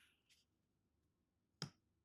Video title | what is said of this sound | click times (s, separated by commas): Fixing My Insta360 X5 After a Scratch! - How to Replace the Lens + Airsoft Helmet Setup | That sounded like a little click. | 1.6 s